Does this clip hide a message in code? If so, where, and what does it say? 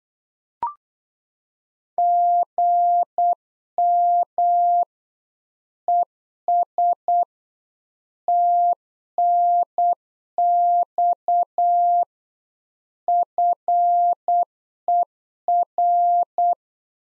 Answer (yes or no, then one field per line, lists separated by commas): yes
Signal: Morse code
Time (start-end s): 2.0-16.5 s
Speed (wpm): 8 wpm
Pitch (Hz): 700 Hz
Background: none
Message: GM ES TNX FER